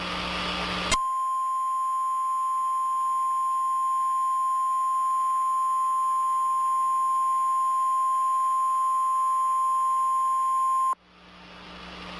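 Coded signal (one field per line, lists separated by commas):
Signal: Emergency Alert System (SAME) tones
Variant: 1050 Hz attention tone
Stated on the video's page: Fictional simulated alert from a local government, interrupting a local forecast.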